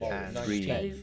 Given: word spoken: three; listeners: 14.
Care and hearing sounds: one English word in noise, from a listening test; four-talker babble; 0.1 dB; 0 of 14; 7 of 14; 0.63 s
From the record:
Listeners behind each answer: 7, 3, 1, 1, 1, 1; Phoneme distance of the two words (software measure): 17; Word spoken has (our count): 1 syllable, 3 phonemes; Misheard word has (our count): 1 syllable, 4 phonemes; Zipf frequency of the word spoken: 5.94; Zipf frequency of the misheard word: 5.22

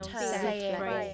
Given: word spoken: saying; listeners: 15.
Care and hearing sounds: one English word in noise, from a listening test; four-talker babble; -2.9 dB; 2 of 15; 8 of 15; 0.74 s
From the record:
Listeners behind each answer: 8, 2, 2, 2, 1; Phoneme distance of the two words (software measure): 37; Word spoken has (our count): 2 syllables, 4 phonemes, stress on syllable 1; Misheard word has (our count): 1 syllable, 3 phonemes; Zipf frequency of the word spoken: 5.56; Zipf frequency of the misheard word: 5.45

